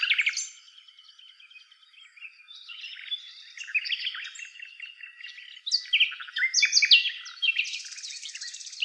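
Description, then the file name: Common nightingale song: a loud opening phrase, a quiet stretch, then busy rapid trills, whistles and buzzy notes. "Luscinia megarhynchos"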